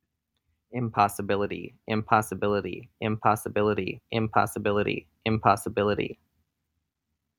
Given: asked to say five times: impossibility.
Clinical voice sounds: repeated word; male; 20 to 29 years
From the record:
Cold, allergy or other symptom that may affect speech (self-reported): no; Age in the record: 28 years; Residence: Wisconsin, United States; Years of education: 12

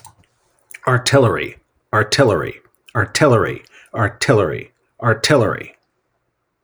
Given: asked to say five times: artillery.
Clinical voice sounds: repeated word; male; 40 to 49 years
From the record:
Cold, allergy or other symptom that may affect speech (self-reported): no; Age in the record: 41 years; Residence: North Carolina, United States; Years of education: 16

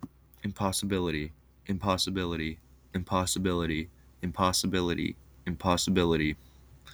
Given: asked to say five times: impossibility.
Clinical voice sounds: repeated word; male; 20 to 29 years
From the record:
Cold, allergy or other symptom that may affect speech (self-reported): no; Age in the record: 24 years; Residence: Pennsylvania, United States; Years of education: 16

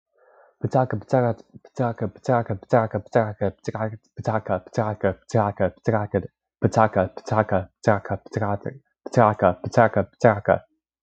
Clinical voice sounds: repeated syllables /pa ta ka/; male; 20 to 29 years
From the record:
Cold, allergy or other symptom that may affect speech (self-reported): no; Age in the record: 27 years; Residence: Virginia, United States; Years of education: 16

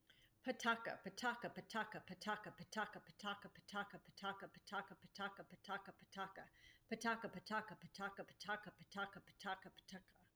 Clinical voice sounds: repeated syllables /pa ta ka/; female; 40 to 49 years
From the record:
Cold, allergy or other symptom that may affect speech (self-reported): no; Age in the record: 48 years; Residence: Arizona, United States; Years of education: 16

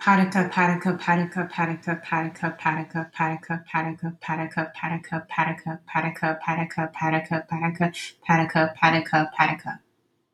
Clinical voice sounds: repeated syllables /pa ta ka/; female; 30 to 39 years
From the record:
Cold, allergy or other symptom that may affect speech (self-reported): no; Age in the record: 34 years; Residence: Oregon, United States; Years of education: 17

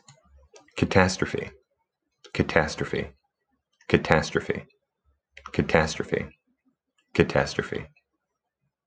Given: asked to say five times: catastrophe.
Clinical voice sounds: repeated word; male; 30 to 39 years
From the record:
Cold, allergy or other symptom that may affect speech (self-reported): no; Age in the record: 33 years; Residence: Virginia, United States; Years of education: 16

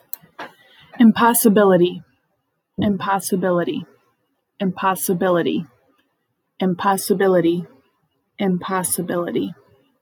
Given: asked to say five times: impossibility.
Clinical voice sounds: repeated word; female; 30 to 39 years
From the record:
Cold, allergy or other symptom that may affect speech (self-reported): no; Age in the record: 39 years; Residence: Montana, United States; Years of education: 16

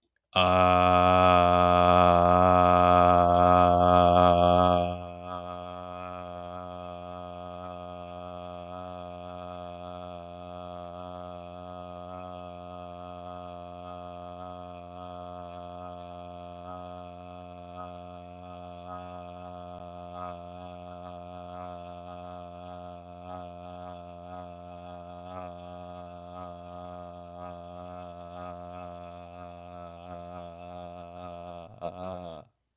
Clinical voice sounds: vowel held as long as possible; male; 40 to 49 years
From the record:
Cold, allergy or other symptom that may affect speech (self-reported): no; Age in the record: 42 years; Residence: Minnesota, United States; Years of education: 16

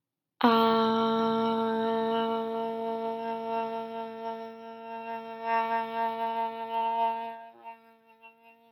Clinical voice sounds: vowel held as long as possible; female; 20 to 29 years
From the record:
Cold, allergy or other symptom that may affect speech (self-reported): no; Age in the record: 22 years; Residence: Alabama, United States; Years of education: 14

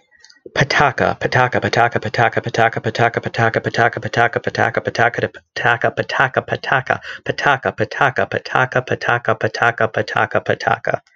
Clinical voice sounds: repeated syllables /pa ta ka/; male; 30 to 39 years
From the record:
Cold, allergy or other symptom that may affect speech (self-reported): no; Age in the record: 31 years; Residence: Illinois, United States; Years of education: 16

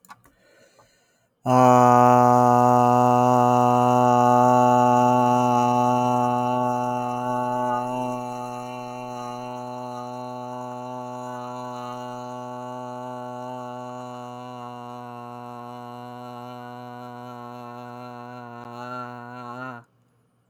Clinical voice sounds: vowel held as long as possible; male; 20 to 29 years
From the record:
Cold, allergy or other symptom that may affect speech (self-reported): no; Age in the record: 26 years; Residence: Pennsylvania, United States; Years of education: 16

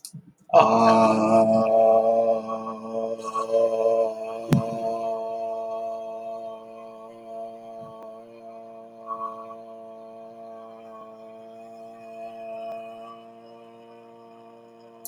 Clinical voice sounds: vowel held as long as possible; male; 20 to 29 years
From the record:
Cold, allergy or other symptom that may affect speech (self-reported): no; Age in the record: 21 years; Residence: Indiana, United States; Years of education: 14

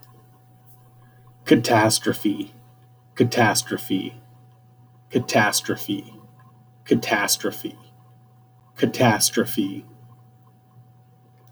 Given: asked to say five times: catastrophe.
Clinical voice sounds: repeated word; male; 20 to 29 years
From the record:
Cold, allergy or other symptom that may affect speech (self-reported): no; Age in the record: 28 years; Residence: Washington, United States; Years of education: 15

